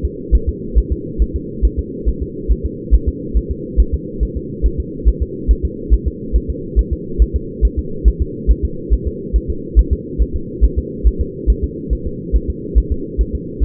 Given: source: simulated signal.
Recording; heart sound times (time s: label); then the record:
fetal heart sounds
0.05 s: S2
0.35 s: S1
0.49 s: S2
0.78 s: S1
0.92 s: S2
1.22 s: S1
1.36 s: S2
1.65 s: S1
1.79 s: S2
2.09 s: S1
2.22 s: S2
2.51 s: S1
2.66 s: S2
2.94 s: S1
3.09 s: S2
3.37 s: S1
3.51 s: S2
3.80 s: S1
3.94 s: S2
4.23 s: S1
4.37 s: S2
4.66 s: S1
4.80 s: S2
5.08 s: S1
5.22 s: S2
5.51 s: S1
5.65 s: S2
5.94 s: S1
6.08 s: S2
6.36 s: S1
6.50 s: S2
6.79 s: S1
6.93 s: S2
7.22 s: S1
7.36 s: S2
7.65 s: S1
7.79 s: S2
8.08 s: S1
8.22 s: S2
8.51 s: S1
8.65 s: S2
8.93 s: S1
9.07 s: S2
9.36 s: S1
9.50 s: S2
9.79 s: S1
9.93 s: S2
10.22 s: S1
10.36 s: S2
10.64 s: S1
10.78 s: S2
11.07 s: S1
11.21 s: S2
11.50 s: S1
11.64 s: S2
11.93 s: S1
12.07 s: S2
12.36 s: S1
12.50 s: S2
12.78 s: S1
12.92 s: S2
13.21 s: S1
13.35 s: S2
13.63 s: S1
From the record:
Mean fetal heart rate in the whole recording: 140 bpm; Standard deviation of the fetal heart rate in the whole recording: 2 bpm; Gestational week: 34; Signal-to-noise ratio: -4.3 dB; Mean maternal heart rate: 72 bpm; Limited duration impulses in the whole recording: absent